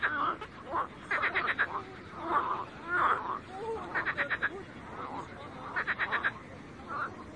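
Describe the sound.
Frogs croaking, short bursts of rapid clicking pulses with softer single croaks between.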